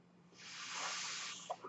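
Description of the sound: A soft rush of airflow swells over about one second and then fades, with a faint steady low hum underneath. This is the sound of a home mechanical ventilator pushing air during a breath.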